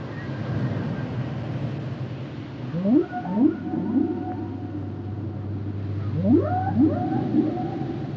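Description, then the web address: Whale song: rising upsweeps in twos, followed by longer tonal notes, over a steady low hum. "Natures Songs Whale Songs Whales and Dolphins - whale nature sounds songs"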